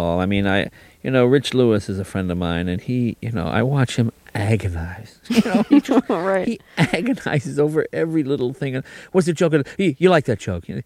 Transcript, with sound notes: I mean, I - you know, Rich Lewis is a friend of mine and he, you know, I watch him agonize, you know?
(Soundbite of laughter) Right.
He agonizes over every little thing. What's the joke - you like that joke?